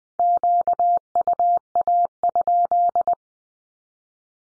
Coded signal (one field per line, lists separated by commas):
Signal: Morse code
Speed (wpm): 20 wpm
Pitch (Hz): 700 Hz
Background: none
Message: QUA?